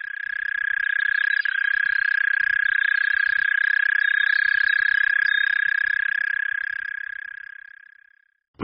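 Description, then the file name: European nightjar churring, one steady even-pitched reeling trill lasting about eight seconds, fading at the end. "Lelek-lesní"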